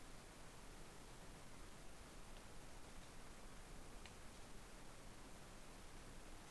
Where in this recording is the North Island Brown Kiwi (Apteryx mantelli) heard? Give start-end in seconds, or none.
none